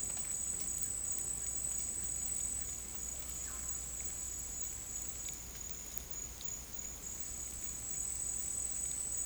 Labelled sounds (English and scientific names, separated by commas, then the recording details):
none
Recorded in dense forest near Puerto Asís, Putumayo, Colombia, on 23 June 2025 at 09:00
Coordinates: 0.503, -76.323
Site G059